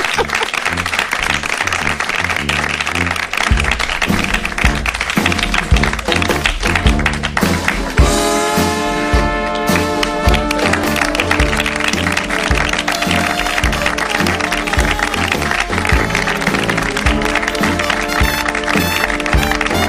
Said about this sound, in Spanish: Bueno, venga, aprovechemos el aplauso ya.